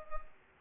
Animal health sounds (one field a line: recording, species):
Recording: mosquito wingbeat signal from an infrared sensor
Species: Culex pipiens